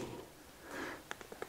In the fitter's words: should be another click coming up soon right there more clicking